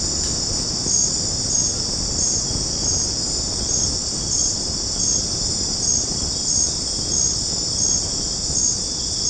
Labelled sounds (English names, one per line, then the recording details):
none
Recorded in secondary vegetation near Puerto Asís, Putumayo, Colombia, on 12 March 2025 at 21:00
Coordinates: 0.481, -76.318
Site G097